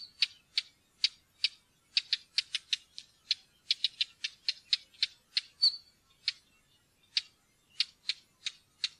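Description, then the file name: Northern wheatear uttering sharp clicking notes in an uneven quick series, with one short squeaky note midway. "steinskvett"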